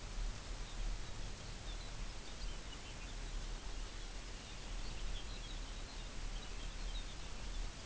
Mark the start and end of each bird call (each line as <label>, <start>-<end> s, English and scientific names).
Lapland Longspur (Calcarius lapponicus), 0.52-7.85 s